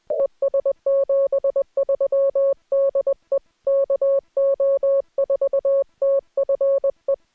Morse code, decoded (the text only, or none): ES 73 DE KO4TFE